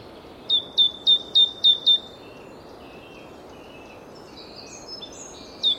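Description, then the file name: Great tit giving six sharp down-slurred whistled notes in quick succession, followed by soft chirps and one final note. "Parus major"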